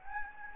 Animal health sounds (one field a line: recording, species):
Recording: mosquito wingbeat signal from an infrared sensor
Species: Anopheles gambiae